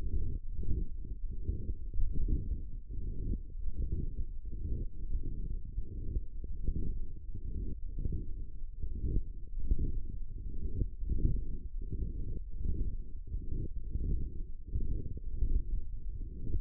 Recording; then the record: forearm muscle sounds (acoustic myography)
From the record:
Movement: forearm supination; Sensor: system 1, eight BSWA MPA416 microphones around the upper forearm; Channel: 3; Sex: male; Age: 23 years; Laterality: right